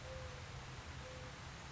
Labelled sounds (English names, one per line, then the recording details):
Mourning Dove
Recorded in Sonoma County, California